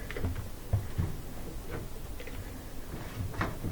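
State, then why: Not seated. A rubber door gasket of a front-load washer is worked over the metal rim of the cabinet opening at the six o'clock position, giving soft rubbery handling taps and rubs with short knocks around 0.1, 0.7, 1.0 and 3.4 seconds. Nothing has seated or clicked yet; the clip ends before the gasket lip snaps onto the rim.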